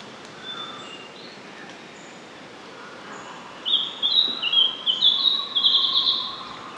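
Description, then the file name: Lemon-bellied flyrobin song: a chain of high, thin whistled notes that jump between pitches for about three seconds, heard over steady background hiss. Recorded in Papua New Guinea. "Micr Flag"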